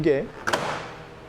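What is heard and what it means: The plastic lid of a Thule XT XL car roof box, mounted on a Tesla, is pushed shut onto the box base, and its latch points catch with two sharp clicks at 0.5 s and 0.5 s, confirming all three latches have engaged. Someone talks briefly just before the clicks.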